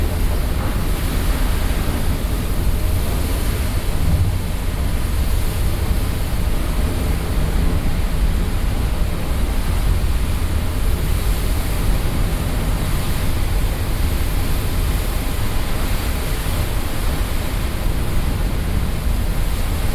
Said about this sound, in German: Das Meer nimmt die Optimism wohlwollend auf. Das Schiff atmet.